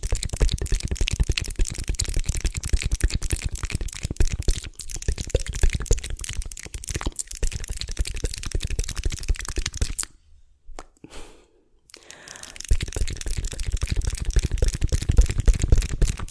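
Tingly mouth sounds: a dense, rapid stream of wet clicks and crackles, pausing to near silence around ten to twelve seconds.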